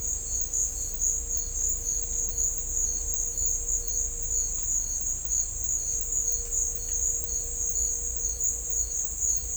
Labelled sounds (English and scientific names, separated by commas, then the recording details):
none
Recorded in dense forest near Puerto Asís, Putumayo, Colombia, on 18 December 2024 at 12:30
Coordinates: 0.500, -76.322
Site G053